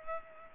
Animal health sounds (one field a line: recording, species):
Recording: mosquito wingbeat signal from an infrared sensor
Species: Culex pipiens